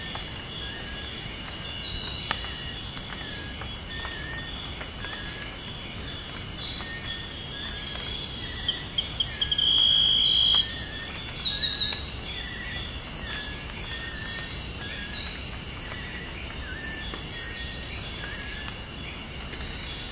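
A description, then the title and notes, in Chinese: Amazon jungle at night: a dense, steady wall of shrill insect and cricket trilling, with brief chirps repeating throughout and a louder buzz near ten seconds. 巴西亚马逊丛林野外录制。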